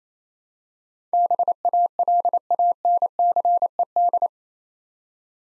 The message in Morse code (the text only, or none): BALANCED